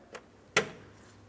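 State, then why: Seated. A coolant line quick-connect fitting is lined up and pressed into the upper corner port of the radiator on a 2015-2025 Ford Transit 250 3.7L V6. A faint tick at 0.2 s comes before a sharp, loud click at 0.6 s, which then decays briefly. The fitting locks and is seated, with a tug check to confirm it is secure.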